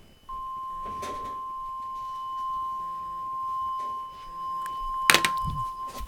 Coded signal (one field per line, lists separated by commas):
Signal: Emergency Alert System (SAME) tones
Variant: 1050 Hz attention tone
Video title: severe thunderstorm watch for texas [EAS #32] fake